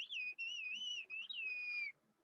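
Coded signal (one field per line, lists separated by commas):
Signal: whistled language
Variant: Turkish kuş dili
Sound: a thin, high whistle gliding up and down in four connected phrases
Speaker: Dilden çağırdığımda biraz ince çıkar sesi.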